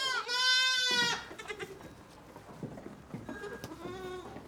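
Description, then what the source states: Sheep: lamb bleating, one loud high wavering bleat lasting about a second, followed by quieter bleats and rustling barn sounds. Lambs recorded in a goat barn, barn ambience.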